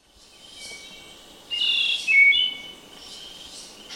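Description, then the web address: Spotted nightingale-thrush singing one short phrase of pure whistled notes, stepping downward, with soft rustling noise and faint high hiss around it. Ecuador. "Natures Songs S America Birds of Ecuador. Spotted Nightingale-Thrush"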